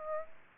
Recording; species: mosquito wingbeat signal from an infrared sensor; Aedes aegypti